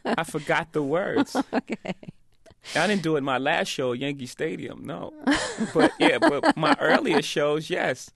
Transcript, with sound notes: I forgot the words.
Okay.
(SOUNDBITE OF LAUGHTER)
I didn't do it my last show, at Yankee Stadium. No. But yeah, but my earlier shows, yes.